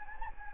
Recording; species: mosquito wingbeat signal from an infrared sensor; Anopheles gambiae